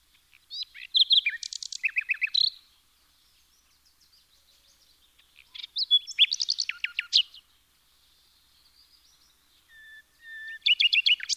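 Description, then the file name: Common nightingale song: several loud phrases of rapid chirps and trills separated by quieter gaps with faint soft notes. "Luscinia megarhynchos"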